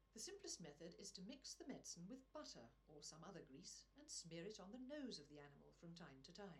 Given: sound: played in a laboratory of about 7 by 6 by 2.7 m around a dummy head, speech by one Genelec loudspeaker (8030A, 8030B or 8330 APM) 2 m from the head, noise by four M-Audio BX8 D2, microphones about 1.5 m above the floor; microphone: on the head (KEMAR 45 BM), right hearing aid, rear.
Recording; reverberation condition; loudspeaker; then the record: female speech in English; low; 150 degrees to the right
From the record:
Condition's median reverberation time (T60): about 310 ms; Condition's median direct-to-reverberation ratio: about 3.5 dB